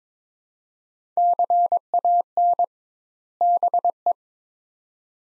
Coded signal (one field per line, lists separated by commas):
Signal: Morse code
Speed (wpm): 22 wpm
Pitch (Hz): 700 Hz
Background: none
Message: CAN BE